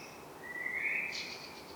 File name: Turdus merula